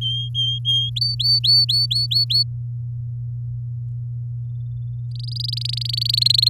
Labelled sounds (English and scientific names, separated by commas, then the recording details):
Domestic Canary (Serinus canaria) song
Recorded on 8 May 2018 at 06:25
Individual llb16